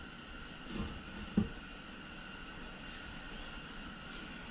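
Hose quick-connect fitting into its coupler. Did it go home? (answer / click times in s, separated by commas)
no / none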